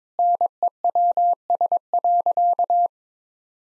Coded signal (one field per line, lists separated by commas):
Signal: Morse code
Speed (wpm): 22 wpm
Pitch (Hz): 700 Hz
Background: none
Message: NEWS.